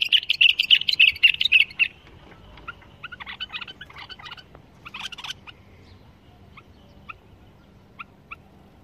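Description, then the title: Bulbul opens with a loud rapid trill, then gives clicking phrases and a few spaced single notes. Described as the finest bulbul song without mistakes, in the 'tour' song style. "اجمل تغريد بلبل بدون اخطاء بلبل طور"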